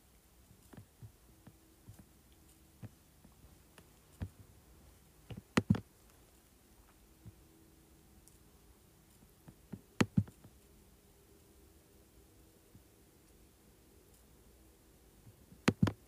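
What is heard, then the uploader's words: Keyboard and mouse sounds: scattered soft clicks and taps across the whole stretch, with sharper, louder double clicks near 5.5, 10 and 16 seconds. A faint low hum runs steadily underneath. Clicking, Scrolling, and Typing on Keyboard.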